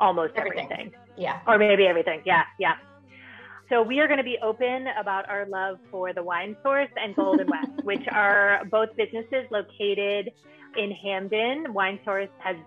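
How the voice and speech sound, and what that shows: A woman speaks fluently at an easy conversational pace with clear articulation, with brief interjections and natural pauses; ordinary speech.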